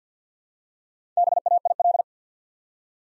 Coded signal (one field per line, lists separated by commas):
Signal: Morse code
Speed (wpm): 50 wpm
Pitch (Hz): 700 Hz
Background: none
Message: BAIL